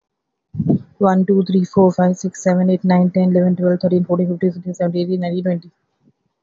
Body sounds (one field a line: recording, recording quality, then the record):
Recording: counting at a fast pace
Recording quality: excellent, no background noise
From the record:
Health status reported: healthy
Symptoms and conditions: hypertension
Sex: female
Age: 47 years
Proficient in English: yes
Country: India